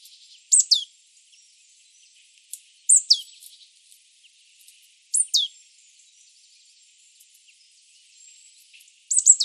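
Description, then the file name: Marsh tit calls: four high, sharp bursts with downward-sweeping endings, two to four seconds apart, with faint ticks and a thin hiss between. "Poecile palustris"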